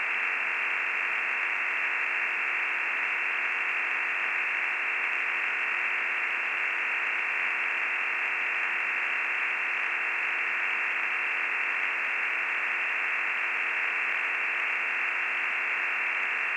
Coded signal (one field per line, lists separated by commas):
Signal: digital SSTV (DRM)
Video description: MELBOURNE "EASYPAL" ham radio digital slow scan TV net audio log